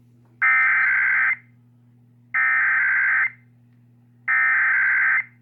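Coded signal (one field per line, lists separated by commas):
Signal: Emergency Alert System (SAME) tones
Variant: header bursts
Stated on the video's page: Real EAS alerts received over a span of weeks.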